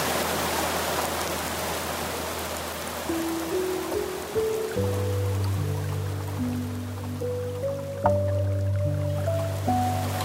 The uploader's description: soft piano melodies and the soothing sounds of a gentle Japanese water stream